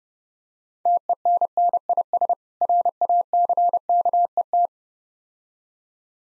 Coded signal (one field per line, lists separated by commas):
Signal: Morse code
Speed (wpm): 30 wpm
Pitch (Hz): 700 Hz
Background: none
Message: TENNIS RACKET